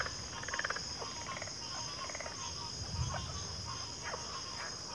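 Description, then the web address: Crickets droning in a steady high trill, with faint pulsed croaks and a low rumble underneath. Chorus of crickets at a backwater. "Sleep Sounds of Nature CRICKETS 03 Backwater Chorus"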